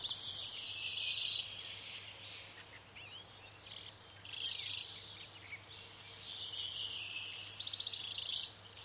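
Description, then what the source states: Common Redpoll calls, bursts of high twittering about every three to four seconds over a steady stream of fainter chatter, with a low constant hum beneath. Plump bird hopping about, unbothered by a biting wind, in freezing winter conditions; small hardy northern species weighing 10–20 grams.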